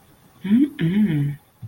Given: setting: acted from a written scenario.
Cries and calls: vocal sound without words; desire

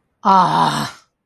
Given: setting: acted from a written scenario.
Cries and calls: vocal sound without words; anger

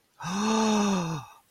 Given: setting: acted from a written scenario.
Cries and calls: vocal sound without words; awe

